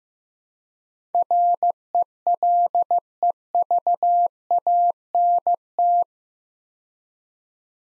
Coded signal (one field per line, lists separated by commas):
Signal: Morse code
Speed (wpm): 15 wpm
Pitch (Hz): 700 Hz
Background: none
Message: RELEVANT